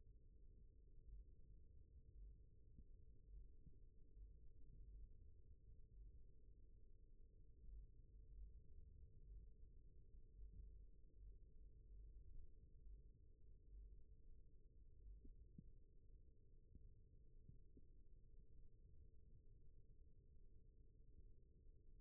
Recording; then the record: forearm muscle sounds (acoustic myography)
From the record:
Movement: rest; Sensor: system 1, eight BSWA MPA416 microphones around the upper forearm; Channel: 2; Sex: male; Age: 28 years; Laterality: right